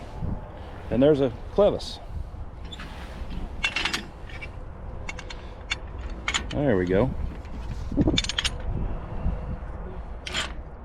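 At a swap meet, someone handles the spring trip hitch latch on an antique steel plow, pushing the metal latch back to reset it while someone talks. Short metallic clinks and knocks sound through the clip, but nothing has seated or locked yet when it ends.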